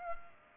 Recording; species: mosquito wingbeat signal from an infrared sensor; Culex pipiens